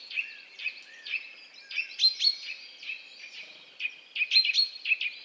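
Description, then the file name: Eurasian nuthatch giving sharp, high chirping calls in irregular bursts. "Sitta europaea"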